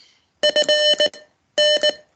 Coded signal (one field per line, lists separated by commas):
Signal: Morse code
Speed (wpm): 19 wpm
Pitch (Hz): 600 Hz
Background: none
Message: FN